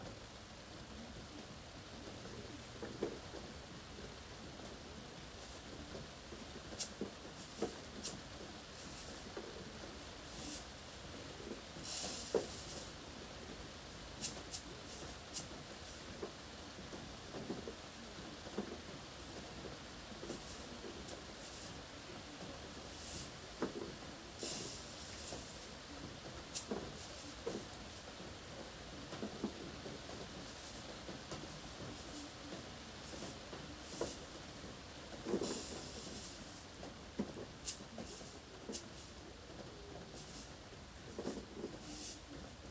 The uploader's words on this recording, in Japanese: 今日は梅雨の雨の日。玄関の軒下で、収穫してきた野菜たちの出荷準備をしています。屋根に降る雨の音。